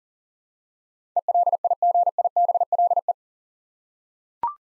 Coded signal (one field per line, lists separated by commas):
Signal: Morse code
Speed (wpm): 37 wpm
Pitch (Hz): 700 Hz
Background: none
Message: ELIGIBLE